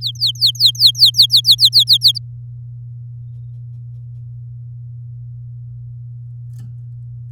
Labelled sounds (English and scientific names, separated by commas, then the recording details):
Domestic Canary (Serinus canaria) song
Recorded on 9 May 2018 at 06:30
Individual llb16